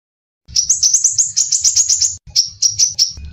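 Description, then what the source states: Crimson sunbird giving a fast, high-pitched twittering trill, then a few spaced, piercing notes, with a low hum beneath. Masteran song-training material for teaching song.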